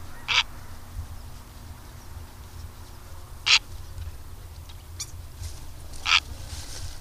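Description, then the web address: Purple heron giving short, harsh, rasping calls, three spaced a few seconds apart, over a steady low rumble and faint hum. "Madardalok - Vörös gém"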